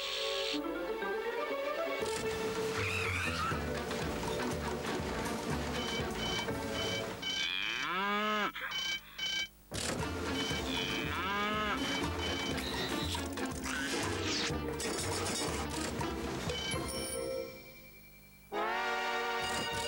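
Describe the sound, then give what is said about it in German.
Anneliese the cow, dragged in by three characters in the cartoon Oggy, moos several times, long loud bellows that swoop up and down in pitch, set against a dense, busy background of other continuous sounds. “Da schleppen doch die drei Kuh Anneliese ein zweites Mal herbei.”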